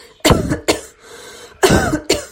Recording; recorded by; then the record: voluntary cough; messaging app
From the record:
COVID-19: negative